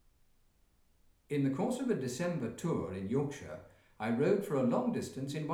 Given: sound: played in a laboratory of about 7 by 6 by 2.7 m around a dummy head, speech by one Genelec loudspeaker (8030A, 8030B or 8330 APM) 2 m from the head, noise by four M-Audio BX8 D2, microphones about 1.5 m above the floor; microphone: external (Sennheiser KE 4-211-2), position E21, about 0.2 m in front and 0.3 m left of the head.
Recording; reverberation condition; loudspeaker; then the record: male speech in English; medium; in front (0 degrees)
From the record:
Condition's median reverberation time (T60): about 510 ms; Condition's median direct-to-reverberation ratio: about -0.5 dB